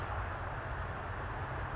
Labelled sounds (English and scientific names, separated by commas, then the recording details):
Blue-gray Gnatcatcher (Polioptila caerulea)
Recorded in Sonoma County, California